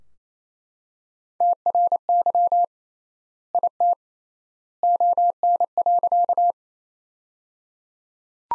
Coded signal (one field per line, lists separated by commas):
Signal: Morse code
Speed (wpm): 28 wpm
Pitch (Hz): 700 Hz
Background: none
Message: TRY IT ON.